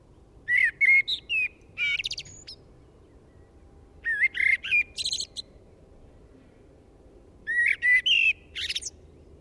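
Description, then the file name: Eurasian blackbird delivering three separate phrases of low flute-like warbling, each closing with a high, strained twittering flourish, with pauses of about one and a half to two seconds between. "Turdus merula"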